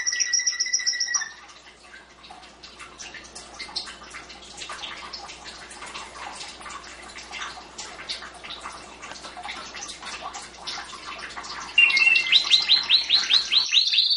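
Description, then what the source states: Domestic canary song: a brief loud rolling phrase, then a long stretch of faint scratchy chatter, ending in loud rapid trill notes. Champion singing canary.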